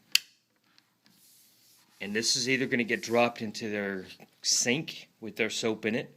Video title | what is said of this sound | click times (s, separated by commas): Ruhof 4 - Flush in/out | push it over the male connection, you'll hear it click. | 0.1 s